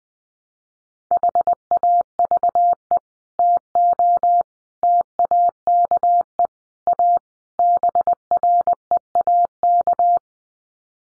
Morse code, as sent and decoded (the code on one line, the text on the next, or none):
.... .- ...- . / - --- / - .- -.- . / .- / -... .-. . .- -.-
HAVE TO TAKE A BREAK